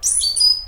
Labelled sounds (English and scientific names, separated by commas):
Stitchbird (Notiomystis cincta) song